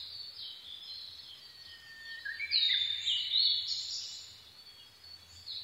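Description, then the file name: Blue-and-white flycatcher song: soft whistles building into a loud, rich warbled phrase in the middle, over a steady low hum. Recorded 22 May 2011 at 04:34. "ooruri-20110522-0434"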